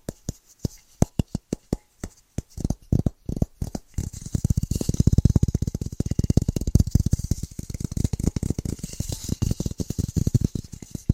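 Fast, rhythmic tapping begins as separate sharp knocks about three or four per second, then from about four seconds becomes a dense, rapid patter with a low thumping body. The pace stays quick and busy through the end, with a soft hiss underneath.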